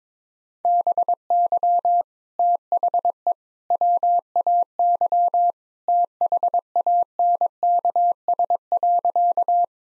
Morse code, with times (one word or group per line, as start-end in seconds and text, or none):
0.7-2.0 BY
2.4-3.3 THE
3.7-5.5 WAY
5.9-9.6 THANKS.